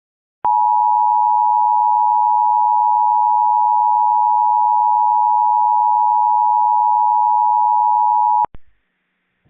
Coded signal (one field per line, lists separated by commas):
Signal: Emergency Alert System (SAME) tones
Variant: 853 and 960 Hz attention tone